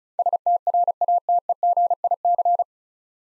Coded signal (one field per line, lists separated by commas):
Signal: Morse code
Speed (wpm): 36 wpm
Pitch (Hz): 700 Hz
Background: none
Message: STRATEGIC